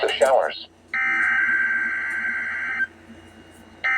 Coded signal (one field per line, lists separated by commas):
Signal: Emergency Alert System (SAME) tones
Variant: header bursts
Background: speech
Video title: EAS #87- #107